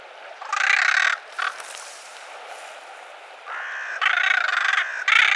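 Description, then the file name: Carrion crow gives drawn-out, rasping caws, one long harsh note near the start and a choppy, rapid burst of grating caws toward the end. "Corvus corone"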